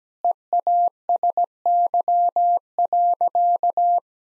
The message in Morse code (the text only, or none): EASY.